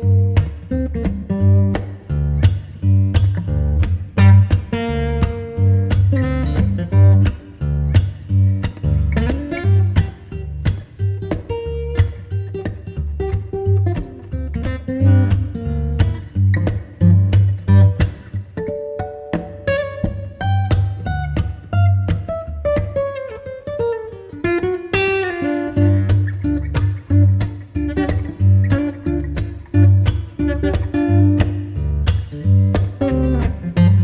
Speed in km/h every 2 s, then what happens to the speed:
114, 120, 124, 127, 131, 133, 137, 138, 138, 140, 142, 144, 144, 144, 144, 144, 144.
0-12 speeds up to 137. 12-34 steady at about 144.